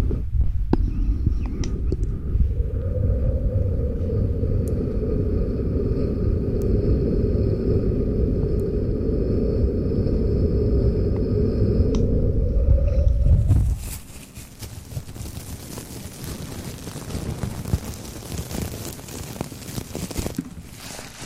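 Mouth sounds and mic pumping make a loud, steady rumbling whoosh with a faint whine, cutting out sharply near 14 seconds to softer scattered tapping.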